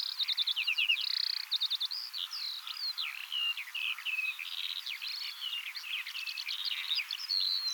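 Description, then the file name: Eurasian skylark song: a continuous, rapid stream of high warbled trills, chirps and slurred whistles without pause. "Veldleeuwerik Alauda arvensis"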